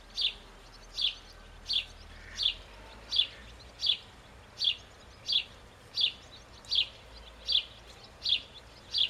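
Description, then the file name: House sparrow calling with a steady series of short, high chirps, evenly spaced roughly every three-quarters of a second, against quiet background hiss. "Passer domesticus"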